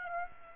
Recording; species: mosquito wingbeat signal from an infrared sensor; Aedes aegypti